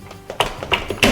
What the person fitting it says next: it snaps in, so hopefully you heard that.